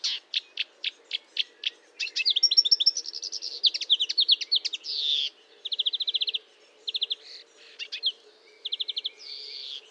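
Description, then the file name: Marsh warbler song, a run of sharp notes, then buzzy trills and short rattles alternating with pauses, highly varied. Recorded at Fontaine-Française, Fourneau, on 1 June 2022 at 10:55, using a Nagra recorder with a Telinga microphone. "Rousserolle verderolle 20220601 1055 Fontaine-Francaise-Fourneau-Nagra-Telinga"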